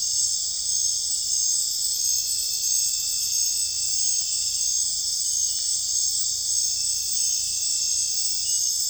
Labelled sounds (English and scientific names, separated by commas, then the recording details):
none
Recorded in secondary vegetation near Puerto Asís, Putumayo, Colombia, on 21 December 2024 at 19:30
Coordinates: 0.484, -76.319
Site GP06